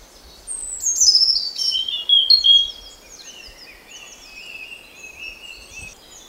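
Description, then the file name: European robin song: a thin, high warbling phrase of sliding whistles and trills, starting loud and falling away into softer, scattered notes over a steady background hiss. "Erithacus rubecula"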